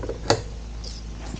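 A ProBlaze saddlebag support bar is pressed onto its motorcycle mount, giving a faint tap at 0.0 s and then one sharp, bright snap at 0.3 s as the bar seats into place. The bar is confirmed seated, with only low steady background noise afterward.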